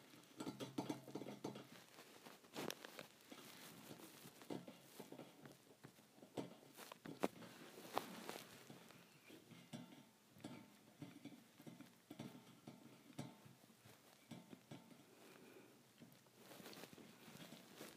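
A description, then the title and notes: Thin metal bars are tapped in a quick, uneven patter of light clinks that keeps going through the whole stretch. The strikes are bright and ringing, with a few sharper, louder hits near seconds 3, 7 and 8, and the tapping briefly thickens around 16 seconds. ASMR Tapping Thin Metal Bars.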